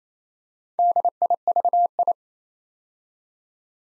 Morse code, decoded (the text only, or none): DIVI